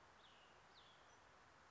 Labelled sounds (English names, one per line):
Cassin's Vireo